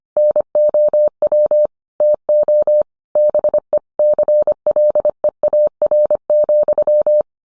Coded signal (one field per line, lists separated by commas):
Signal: Morse code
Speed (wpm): 25 wpm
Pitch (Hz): 600 Hz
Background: none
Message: NOW TO BE CLEAR,